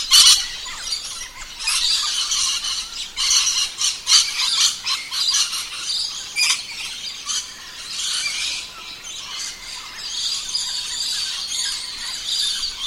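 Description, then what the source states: Red-collared lorikeet giving harsh, high screeching squawks and shrill chatter almost nonstop, in bursts. Sounds a lot like the Rainbow Lorikeet; recorded by Tobias Sheppard in Kakadu National Park on Jawoyn country, Australia.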